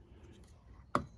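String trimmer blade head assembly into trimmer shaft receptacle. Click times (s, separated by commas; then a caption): 0.9 s. A string trimmer blade head assembly, being converted to Aero-Flex blades on an Echo RMS 225, has its tabs lined up with the holes in the trimmer shaft receptacle and is pushed down. After quiet low handling noise, a sharp snap at 0.95 s marks it seating in place.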